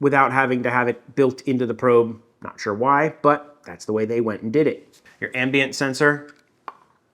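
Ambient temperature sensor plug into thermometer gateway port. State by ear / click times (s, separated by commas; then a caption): seated / 6.7 s. A wired ambient temperature sensor plug is pushed into its port on a wireless thermometer gateway. A man talks for most of the clip, then a single sharp click is heard at 6.7 seconds as the plug seats.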